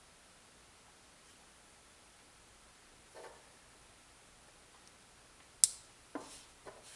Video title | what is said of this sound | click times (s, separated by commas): How-To: Fix and Source Motorcycle Electrical Connectors | listening for that audible click, which means the wire's inserted. Boom. | 5.6 s